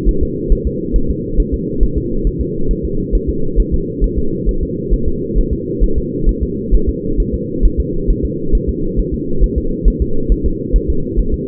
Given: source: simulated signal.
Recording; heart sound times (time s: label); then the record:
fetal heart sounds
0.09 s: S1
0.23 s: S2
0.53 s: S1
0.67 s: S2
0.96 s: S1
1.10 s: S2
1.40 s: S1
1.54 s: S2
1.83 s: S1
1.97 s: S2
2.27 s: S1
2.41 s: S2
2.71 s: S1
2.85 s: S2
3.15 s: S1
3.29 s: S2
3.60 s: S1
3.74 s: S2
4.04 s: S1
4.19 s: S2
4.49 s: S1
4.63 s: S2
4.94 s: S1
5.08 s: S2
5.38 s: S1
5.53 s: S2
5.84 s: S1
5.98 s: S2
6.29 s: S1
6.43 s: S2
6.75 s: S1
6.89 s: S2
7.20 s: S1
7.34 s: S2
7.65 s: S1
7.80 s: S2
8.10 s: S1
8.25 s: S2
8.55 s: S1
8.69 s: S2
9.00 s: S1
9.14 s: S2
9.44 s: S1
9.58 s: S2
9.88 s: S1
10.02 s: S2
10.32 s: S1
10.46 s: S2
10.76 s: S1
10.90 s: S2
11.19 s: S1
11.34 s: S2
From the record:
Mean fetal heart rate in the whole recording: 135 bpm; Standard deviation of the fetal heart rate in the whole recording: 3 bpm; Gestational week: 36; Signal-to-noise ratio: -8.1 dB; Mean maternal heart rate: 72 bpm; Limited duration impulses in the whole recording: absent